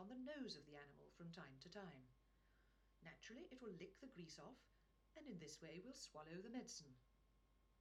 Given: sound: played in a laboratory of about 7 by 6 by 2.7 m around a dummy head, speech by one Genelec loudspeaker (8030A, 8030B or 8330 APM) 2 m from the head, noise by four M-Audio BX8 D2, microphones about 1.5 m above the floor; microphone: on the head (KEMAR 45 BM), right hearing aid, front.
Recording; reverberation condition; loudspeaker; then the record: female speech in English; low; 60 degrees to the right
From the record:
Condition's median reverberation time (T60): about 310 ms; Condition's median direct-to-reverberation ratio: about 3.5 dB